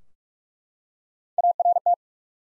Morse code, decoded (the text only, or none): ART